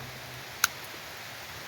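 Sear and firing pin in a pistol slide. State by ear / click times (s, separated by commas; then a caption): released / 0.6 s. With a primed case chambered in a Glock pistol slide that has no safety plunger, a 1/8 punch pushes down on the cruciform to drop the sear from partial cock. A single sharp click at 0.6 s marks the firing pin releasing, over a quiet background hiss. The primer does not ignite.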